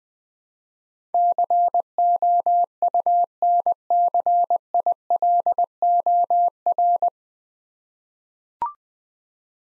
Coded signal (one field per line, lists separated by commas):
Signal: Morse code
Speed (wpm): 20 wpm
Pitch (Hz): 700 Hz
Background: none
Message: COUNCILOR